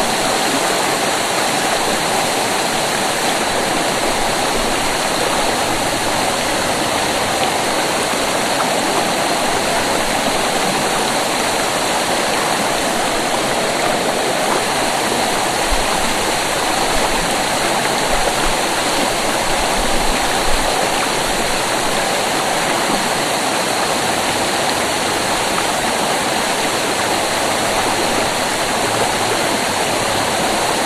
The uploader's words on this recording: Dingman's Creek and Deer Leap Falls. Recordings made by Dan Bodah in Childs Park, Dingmans Ferry PA, summer 2008.